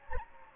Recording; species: mosquito wingbeat signal from an infrared sensor; Anopheles gambiae